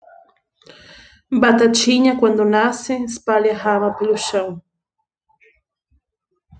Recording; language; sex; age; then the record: short text; Brazilian Portuguese; female; 20 to 29 years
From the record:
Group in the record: control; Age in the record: 29 years